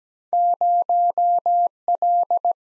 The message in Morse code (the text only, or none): 0 L